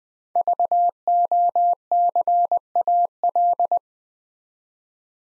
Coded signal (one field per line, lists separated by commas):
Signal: Morse code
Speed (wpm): 20 wpm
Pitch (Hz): 700 Hz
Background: none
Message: VOCAL